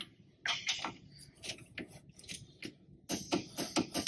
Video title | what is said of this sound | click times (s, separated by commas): Disc Brake Reassembly Chevy Cobalt | Go to your torque wrench clicks. | 0.5 s